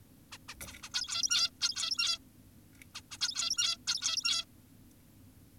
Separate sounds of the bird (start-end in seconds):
0.32-0.38, 0.49-0.55, 0.67-0.73, 0.83-0.90, 0.94-1.50, 1.61-2.18, 2.95-3.01, 3.12-3.18, 3.21-3.77, 3.88-4.45